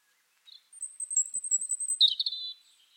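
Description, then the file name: European robin song: a long, very high, thin whistled note held for over a second, then a brief lower tumbling warble that fades out. "Erithacus rubecula"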